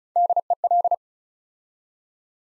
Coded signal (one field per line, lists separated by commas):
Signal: Morse code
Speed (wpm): 36 wpm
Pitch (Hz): 700 Hz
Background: none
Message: DEL